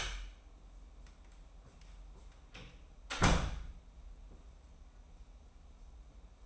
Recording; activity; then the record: daily activity, microphone in the room; close door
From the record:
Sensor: 1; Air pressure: 994.4 hPa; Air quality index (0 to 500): 212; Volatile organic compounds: 1000 ppm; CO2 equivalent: 7643 ppm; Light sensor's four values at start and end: 98/222/100/110 and 94/213/95/105